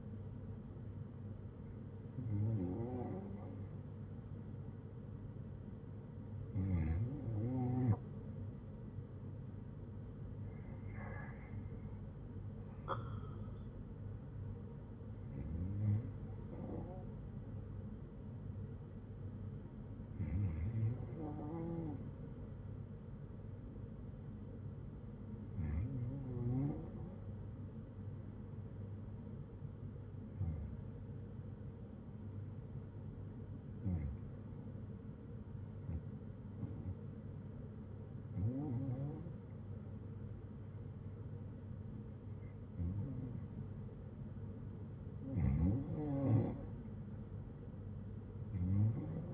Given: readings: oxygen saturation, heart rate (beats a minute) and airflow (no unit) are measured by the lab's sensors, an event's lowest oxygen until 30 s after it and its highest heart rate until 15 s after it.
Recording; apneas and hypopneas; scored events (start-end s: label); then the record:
breathing in sleep by a smartphone at the bedside; 1
11.00-29.30 s: hypopnea (REM, oxygen 94% highest, then 86% lowest, heart rate 65 at the start, 69 highest)
From the record:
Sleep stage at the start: REM sleep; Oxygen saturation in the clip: 87 to 94%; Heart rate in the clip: 60 to 73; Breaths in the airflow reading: 13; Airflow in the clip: -6.1 to 6.0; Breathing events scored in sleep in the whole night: 182 in 7.4 hours asleep